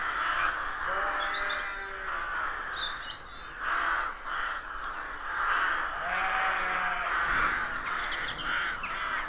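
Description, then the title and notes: Many rooks cawing at once, raucous caws rising and falling in waves, with short high twitters between them. Colony of over 300 rooks nesting in a dozen roadside trees, rural County Armagh woodland, early spring; pairs greeting, squabbling with neighbours as first chicks hatch. "Sound Escape 113: Enjoy the stirring cacophony of a rook colony. County Armagh. BBC Countryfile Magazine's Sound Escapes"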